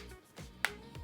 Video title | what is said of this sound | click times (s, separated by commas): FORGET SAMSUNGS SILICONE CASE, GET THIS INSTEAD!! - MagBak for Samsung S25 Ultra | good click there, which means you're going to get a really good tight fit. | 0.7 s